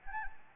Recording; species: mosquito wingbeat signal from an infrared sensor; Anopheles gambiae